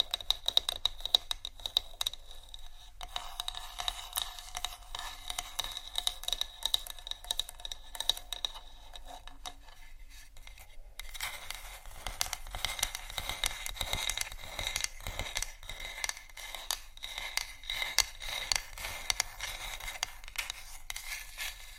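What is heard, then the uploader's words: Marble and wood tapped and scratched, with dense crinkling running through the whole clip. Quick, irregular ticks and scrapes pile up in busy, bright bursts, thinning briefly near the start and growing fuller and brighter after about eleven seconds, under a low steady hum. Marble, wood, tapping, scratching, crinkles, etc （No Talking）.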